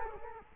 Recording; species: mosquito wingbeat signal from an infrared sensor; Culex quinquefasciatus